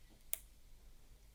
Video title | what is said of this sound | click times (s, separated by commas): Bargain Omega Tank Cal. 620 Full Vintage Watch Restoration Ref. 111.024 | a little click | 0.3 s